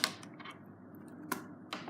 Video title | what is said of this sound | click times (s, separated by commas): CHANGER CLAVIER LENOVO THINKPAD T430 T530 L430 L530 X230 W530 [TUTO] | Hop, et vous entendez un petit clic. Et là, il est désolidarisé. | 1.3 s